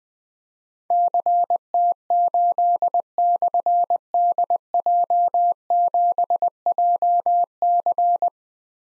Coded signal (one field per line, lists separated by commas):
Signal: Morse code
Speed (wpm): 20 wpm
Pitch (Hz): 700 Hz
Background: none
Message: CT8/DJ7JC